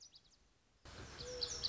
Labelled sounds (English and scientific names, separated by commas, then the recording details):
Lazuli Bunting (Passerina amoena)
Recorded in Sonoma County, California